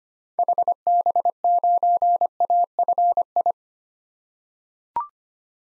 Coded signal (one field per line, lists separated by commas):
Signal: Morse code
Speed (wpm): 25 wpm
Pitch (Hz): 700 Hz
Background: none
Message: HB9AFI